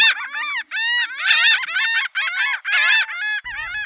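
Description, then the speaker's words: Laughing gull giving a series of nasal, laughing notes, each note arching in pitch. Newly arrived in spring on the beaches; call described as spring mirth. "On the beaches, it's now time to listen for the spring mirth of newly arrived laughing gulls."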